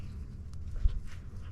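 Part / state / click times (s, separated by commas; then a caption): spark plug boot onto spark plug / not seated / none. A spark plug boot (cap) on a freshly trimmed ignition wire is handled and pushed toward the spark plug of a two-stroke Yamaha Banshee ATV engine. A low, steady rumble is heard, with a faint brief tick near 0.5 s and a soft knock around 0.9 s. Nothing has seated or clicked yet.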